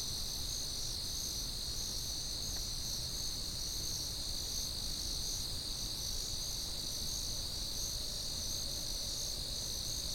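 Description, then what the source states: Crickets sing in an even, unbroken shrill chorus of layered trills; low background rumble persists. Constant, generic cricket chirping.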